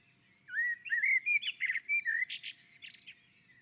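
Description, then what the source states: Common blackbird song: one long phrase of clear, fluty whistled notes in quick succession, closing with scratchy high twitters. On the roof.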